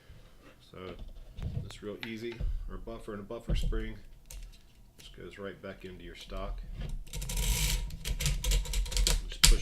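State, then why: Seated. Someone talks while a metal buffer and buffer spring are pushed by hand into the buffer tube of an AR-15 rifle stock, with scraping and sliding noise building from about 7 seconds. A sharp click at 9.1 s marks the spring-loaded retainer pin popping up over the buffer and holding everything in place, so the buffer is seated.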